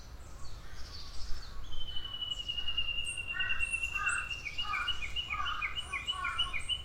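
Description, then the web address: Bird calls with a long, steady high whistle that breaks into rapid repeated pulses, while other birds chirp and twitter over low background noise. "yacho koe"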